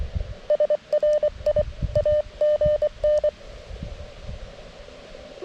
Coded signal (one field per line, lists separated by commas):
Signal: Morse code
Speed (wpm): 23 wpm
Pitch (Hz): 600 Hz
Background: none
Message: SRI AGN